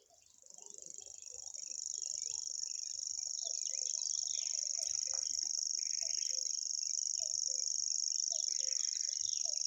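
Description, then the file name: Common grasshopper warbler song: a very high, even, rattling trill rising in loudness over the first two seconds and then holding steady, amid other calls. "reti tucsokmadar hangja"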